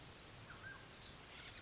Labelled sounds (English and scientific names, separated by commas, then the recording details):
Mountain Quail (Oreortyx pictus)
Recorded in Sonoma County, California